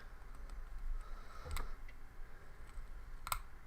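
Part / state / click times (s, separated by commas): vape tank bottom section onto tank threads / seated / 3.3 s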